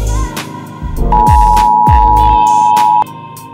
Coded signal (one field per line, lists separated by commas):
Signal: Emergency Alert System (SAME) tones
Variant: 853 and 960 Hz attention tone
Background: music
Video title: EAS Mocks: Behind the scenes